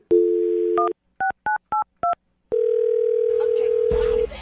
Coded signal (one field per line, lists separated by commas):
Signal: DTMF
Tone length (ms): 130 ms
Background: speech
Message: 16982